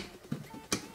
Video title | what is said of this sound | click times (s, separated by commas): BEST Robot Pool Cleaner 2022: SMOROBOT Tank X-11 (Comprehensive Review) | pretty dope nice snap as always and here we have the compartment we'll check that out in a second | 0.7 s